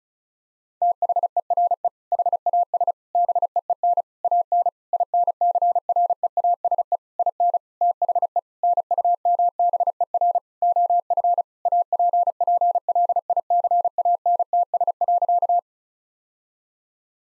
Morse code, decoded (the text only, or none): THERE HAS BEEN AN INCREASE IN THE NUMBER OF APPLICANTS.